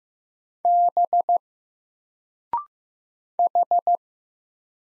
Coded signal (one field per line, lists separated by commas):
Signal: Morse code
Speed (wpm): 15 wpm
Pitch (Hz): 700 Hz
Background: none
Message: B H